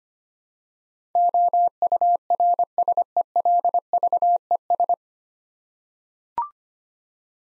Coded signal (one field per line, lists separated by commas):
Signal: Morse code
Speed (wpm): 25 wpm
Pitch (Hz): 700 Hz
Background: none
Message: OURSELVES